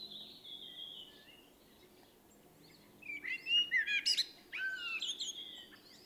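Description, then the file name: Common blackbird song: a thin high whistle opens, then after a pause a burst of warbled phrases ending in squeaky, twittering notes. "Turdus merula"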